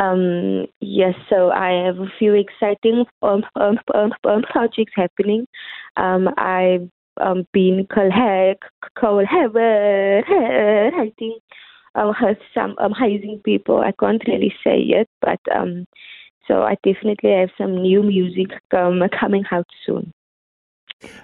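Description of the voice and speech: Mostly fluent adult female speech with a part-word repetition and stretched sounds on one word, signs of mild stuttering. The speaker is a singer who has stuttered all her life; the stutter disappears when she sings.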